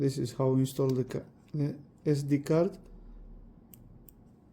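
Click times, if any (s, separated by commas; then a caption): 3.7 s, 4.1 s. Someone talks for the first few seconds, then a microSD memory card, facing upwards to follow the arrow, is pushed into the card slot of an Insta360 360 action camera. Two sharp, faint clicks are heard at 3.7 s and 4.1 s as the card latches into place, seated.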